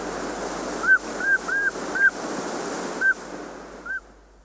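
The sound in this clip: Gray jay calls, soft arched whistles given in an irregular series with a gap midway, over a rushing hiss that fades away at the end.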